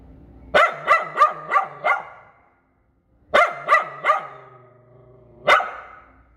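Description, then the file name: Poodle yapping in a burst of five quick barks, then three more after a pause, ending with a single sharp bark. "Tieng cho poodle sua"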